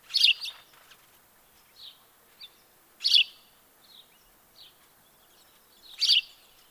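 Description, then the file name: House sparrow giving loud chirps roughly every three seconds, with softer chirps between them. "Passer domesticus"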